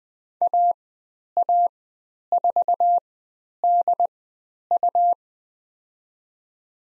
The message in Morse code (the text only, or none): AA4DU